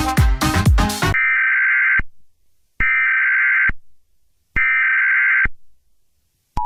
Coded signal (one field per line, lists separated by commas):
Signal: Emergency Alert System (SAME) tones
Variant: header bursts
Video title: EAS Scenario - The Bees (40 Subscriber Special)